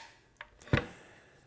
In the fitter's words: press up on the trigger release and then plunge the saw down until it clicks